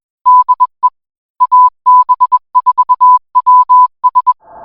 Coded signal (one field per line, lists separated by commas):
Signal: Morse code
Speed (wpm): 21 wpm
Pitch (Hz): 1000 Hz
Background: none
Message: DE AB4WS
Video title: AB4WS RADIO SHOW 2025 08 15